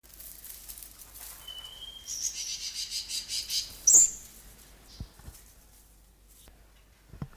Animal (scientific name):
Euplectes hordeaceus